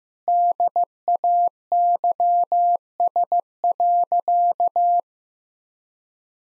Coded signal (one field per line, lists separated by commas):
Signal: Morse code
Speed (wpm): 15 wpm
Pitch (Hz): 700 Hz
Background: none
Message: DAYS.